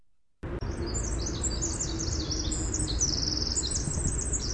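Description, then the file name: Winter wren singing a fast, bubbling cascade of very high notes and trills after a brief silent start, with a constant low rumble underneath. "WIWR song"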